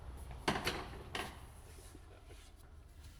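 A metal fuel line quick-connect is pushed onto the high pressure fuel pump of an R56 MINI Cooper N14, giving a sharp click at 0.5 s, followed by a smaller knock at 0.7 s and another sharp knock at 1.2 s. The coupling did not go on all the way even though it looked seated, so it is only partly engaged.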